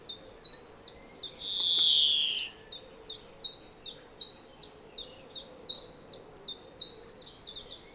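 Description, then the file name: European greenfinch repeating sharp chirping notes roughly two to three per second, interrupted early by one long rasping wheeze that drops in pitch. "Chloris chloris"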